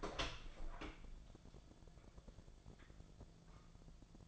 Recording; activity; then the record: daily activity, microphone in the room; open door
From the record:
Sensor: 5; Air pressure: 1000.6 hPa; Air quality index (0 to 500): 162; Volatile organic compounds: 2 ppm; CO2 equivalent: 1245 ppm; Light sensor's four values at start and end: 47/110/46/49 and 47/110/46/49